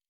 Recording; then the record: hydrophone in a shrimp aquaculture tank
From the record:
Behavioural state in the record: normal